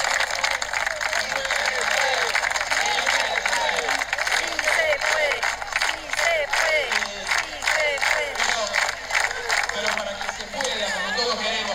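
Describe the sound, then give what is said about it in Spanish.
A large crowd at a political campaign event chants "sí se puede" and cheers loudly and without pause, many voices rising and falling in rhythmic surges, with scattered clapping mixed into the steady roar. “Cuando nosotros gritamos sí se puede, es porque se puede, porque estamos convencidos que sí se puede.”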